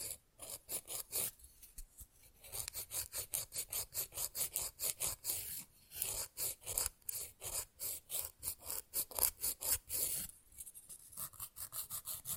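A nail is filed fast and roughly, each stroke a bright, gritty rasp in a quick, steady back-and-forth of about three strokes per second. The rhythm breaks briefly near two, six and ten seconds, then picks straight back up at the same pace.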